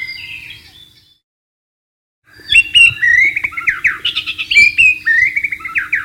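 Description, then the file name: White-rumped shama song: a brief whistle, a silent gap, then a dense loud stream of rich warbled and whistled notes. Wild bird, recorded in the wild. "suara burung murai batu di alam liar"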